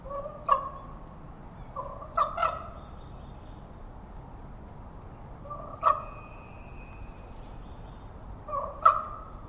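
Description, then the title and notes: Common Raven calls, sparse hollow croaks and clicks spaced a few seconds apart, with a faint thin whistle from another bird in the middle. Wild raven calling from trees in forest, moving from tree to tree; Totem Park; about 9:30am; overcast with light rain, breezy from southeast; falling tide. "A raven calling in the forest reminded me of a time I was walking through the park with visiting Australians"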